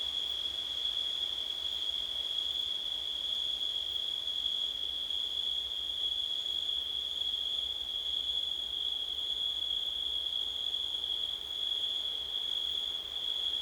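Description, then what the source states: Crickets trilling in a continuous high, steady shrill band, unbroken throughout. Crickets on a windy September night.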